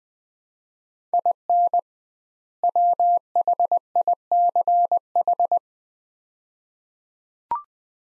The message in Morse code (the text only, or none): IN WHICH